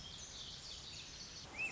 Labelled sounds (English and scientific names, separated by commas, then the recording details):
Lazuli Bunting (Passerina amoena)
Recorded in Sonoma County, California